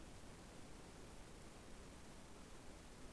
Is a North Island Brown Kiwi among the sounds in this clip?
no